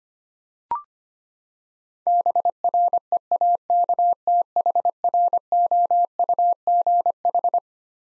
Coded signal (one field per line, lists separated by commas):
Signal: Morse code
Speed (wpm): 25 wpm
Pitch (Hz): 700 Hz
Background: none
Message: BREAKTHROUGH